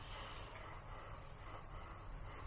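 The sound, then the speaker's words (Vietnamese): A person demonstrates a strong, heavy exhale, the way to breathe when tired after climbing, a long breathy rush of air that stays loud and steady for the whole stretch, with no talking. “Thật ra dài ấy, cái lúc mà mình lên mà mình mệt thở ổn ấy đó là mình thở như thế này mới đúng rồi.”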